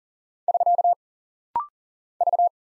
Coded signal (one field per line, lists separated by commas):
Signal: Morse code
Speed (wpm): 40 wpm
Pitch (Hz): 700 Hz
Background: none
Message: <SK> V